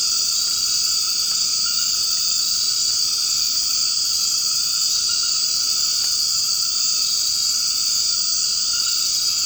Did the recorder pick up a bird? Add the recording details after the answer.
no. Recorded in secondary vegetation near Puerto Asís, Putumayo, Colombia, on 24 March 2025 at 21:00. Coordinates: 0.502, -76.326. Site G100